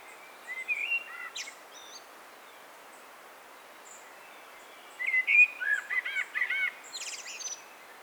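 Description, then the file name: Common blackbird song, softer here: two warbled whistled phrases that each finish with high, scratchy twittering notes. "Turdus merula"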